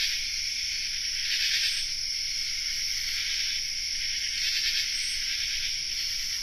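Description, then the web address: Chorus of common true katydids, continuous harsh high rasping with swells of louder pulses from several callers. Chorus; North America. "Songs of Insects. Common True Katydid chorus"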